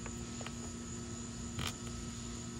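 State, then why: Not seated. A small LED replacement bulb for a Goldwing motorcycle light is handled at its socket, which is sealed by a rubber grommet, ready to be pushed in. Faint handling ticks, a brief one near 0.5 s and a louder scrape around 1.6 s, sit over a steady low hum. Nothing has seated or clicked yet.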